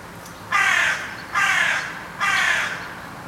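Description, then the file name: Carrion crow cawing three times in steady succession, each call hoarse and grating, spaced under a second apart against a quiet background. "Corvus corone"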